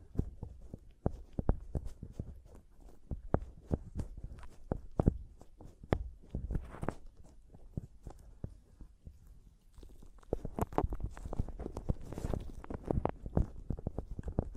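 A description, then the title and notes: Mic tapping and scratching: a dense stream of short, sharp knocks with a strong low thud, coming several per second with uneven spacing. Brief scratchy rustles run between the taps, growing busier and brighter around seven seconds and again from ten to thirteen seconds. ASMR Mic Tapping and Scratching (No Talking).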